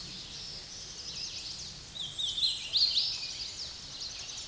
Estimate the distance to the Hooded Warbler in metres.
about 30 m